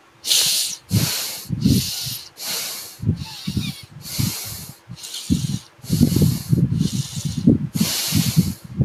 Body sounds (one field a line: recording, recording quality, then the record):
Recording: shallow breathing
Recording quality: excellent, no background noise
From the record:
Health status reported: healthy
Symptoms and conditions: none ticked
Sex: male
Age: 21 years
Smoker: not ticked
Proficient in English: yes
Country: India